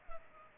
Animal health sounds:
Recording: mosquito wingbeat signal from an infrared sensor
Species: Culex pipiens

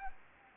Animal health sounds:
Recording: mosquito wingbeat signal from an infrared sensor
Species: Anopheles gambiae

